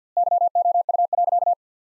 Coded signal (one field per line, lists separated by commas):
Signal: Morse code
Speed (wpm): 50 wpm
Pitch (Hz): 700 Hz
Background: none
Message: YOU.